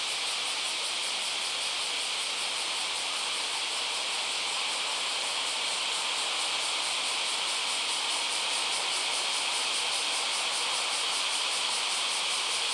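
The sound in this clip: Cicada buzz, an even high-pitched sizzle with a rapid pulsing overlay, sustained without pause from start to finish.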